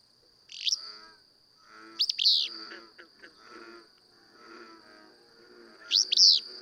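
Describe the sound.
Willow flycatcher giving three rough, burry song phrases spaced a few seconds apart, accompanied by soft twittering of other birds and a continuous thin high tone.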